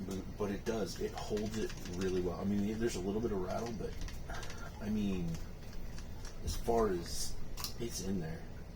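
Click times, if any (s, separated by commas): none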